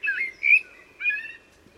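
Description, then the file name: Common blackbird, a few brief mellow whistled phrases. "Turdus merula"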